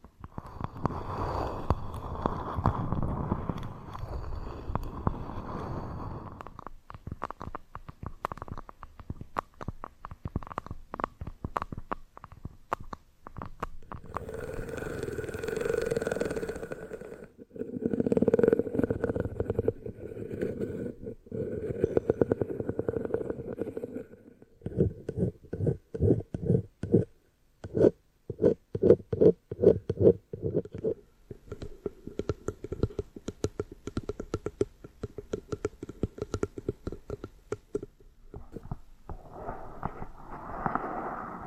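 Scratching and tapping sounds shift through several textures: a low rumbling rub for the first few seconds, then a buzzing scratch with a steady tone, and from about 24 seconds rapid, choppy tapping bursts with brief pauses. Sharp clicks punctuate throughout, with a brighter scrape at the end.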